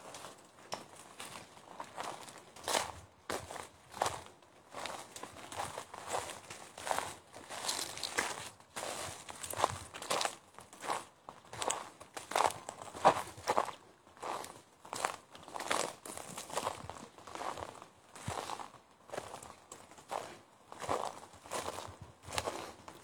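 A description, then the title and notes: Footsteps walk through the forest at a steady pace, each step a crisp crunch of dry leaves and twigs arriving about twice a second for the whole stretch. The crackling steps are bright and papery, with a faint hiss between them. Walking in the Govind wildlife sanctuary located at Uttarakhand in India. Located in the Uttarkashi district of Uttarakhand, India. Footage of my walk through the forest.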